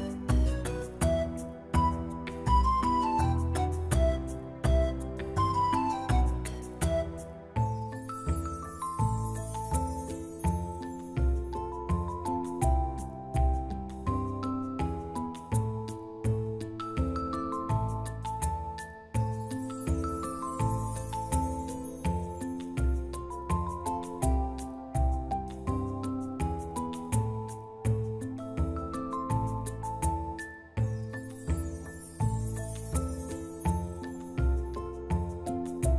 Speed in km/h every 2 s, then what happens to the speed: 117, 118, 120, 121, 123, 125, 127, 129, 131, 131, 130, 129, 129, 129, 129, 130, 130, 129.
0-16 speeds up to 131. 16-36 steady at about 129.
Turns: none.